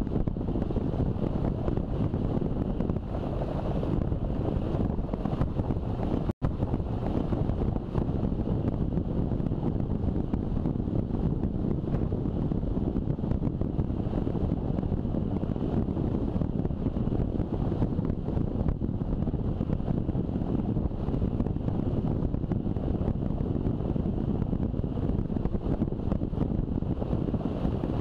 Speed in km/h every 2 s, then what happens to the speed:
33, 34, 34, 33, 33, 32, 33, 33, 33, 33, 33, 33, 33, 33.
0-28 steady at about 33.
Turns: none.